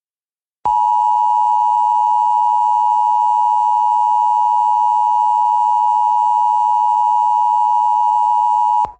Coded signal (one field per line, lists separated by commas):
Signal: Emergency Alert System (SAME) tones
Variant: 853 and 960 Hz attention tone